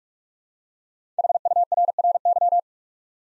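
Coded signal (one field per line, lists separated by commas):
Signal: Morse code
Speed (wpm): 44 wpm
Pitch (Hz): 700 Hz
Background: none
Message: HURRY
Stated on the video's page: Head-copy practice of 5-letter words at 45 wpm, first letters spoken, word sent in Morse, spoken, then sent again.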